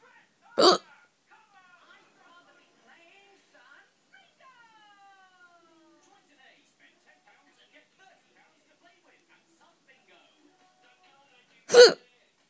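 Two sharp, abrupt hiccups about eleven seconds apart, each a brief croaking gulp with a frog-like 'ribbit' quality. Between them the room is nearly silent apart from faint background sound. These are ordinary hiccups in an adult: sudden spasms of the diaphragm closing off the throat.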